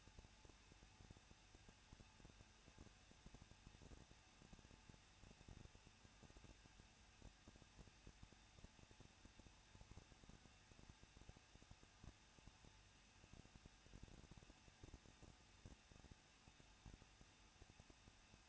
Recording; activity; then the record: daily activity, microphone in the room; no activity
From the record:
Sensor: 2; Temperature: 21.0 degrees Celsius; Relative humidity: 37.4%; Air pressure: 1006.2 hPa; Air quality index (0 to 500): 222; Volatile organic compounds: 24 ppm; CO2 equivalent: 2809 ppm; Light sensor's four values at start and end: 2/3/2/2 and 2/3/2/2